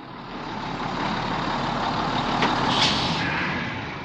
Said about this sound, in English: Listen. The bus is at the bus stop.